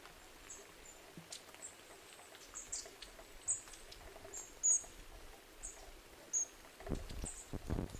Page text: Jarek Matusiak - Длиннохвостая синица (Aegithalos caudatus)